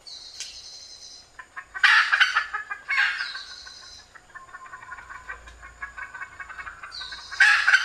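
Red junglefowl clucking calls: harsh, loud bursts near two, three and seven and a half seconds trailing into softer clucks, with thin high squeaky notes in between.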